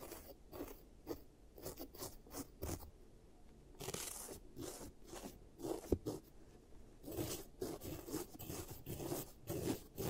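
Scraping and filing sounds from a giant teeth treatment, a run of short rough strokes repeating every half second or so. Brighter, hissier bursts come around four seconds and again from seven seconds on, with a low rumble underneath throughout.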